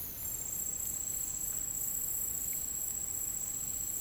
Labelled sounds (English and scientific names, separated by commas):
none